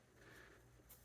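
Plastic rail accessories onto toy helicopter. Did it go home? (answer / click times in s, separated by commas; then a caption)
no / none. Small plastic rail pieces are handled as they are put back onto the rail of a GI Joe Classified Series Dragonfly XH-1 toy helicopter, making faint rustling against a low steady hum with a brief brighter burst near 0.9 seconds. Nothing has seated or clicked yet.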